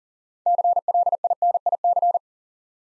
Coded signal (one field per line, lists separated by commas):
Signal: Morse code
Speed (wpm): 38 wpm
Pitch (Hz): 700 Hz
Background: none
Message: CLINIC